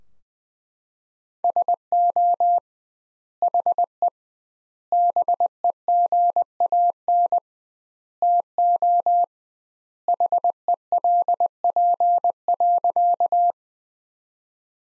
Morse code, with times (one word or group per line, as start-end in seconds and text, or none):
1.4-2.6 SO
3.4-4.1 HE
4.9-7.4 BEGAN
8.2-9.2 TO
10.1-13.5 HELP.